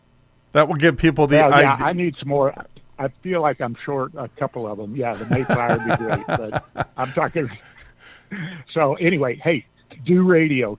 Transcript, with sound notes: That will give people the idea-
Yeah, yeah, I need some more, uh, I feel like I'm short a couple of them. Yeah.
(laughs)
The Mayflower would be great, but I'm talking... So anyway, hey, DO Radio,